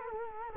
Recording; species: mosquito wingbeat signal from an infrared sensor; Culex quinquefasciatus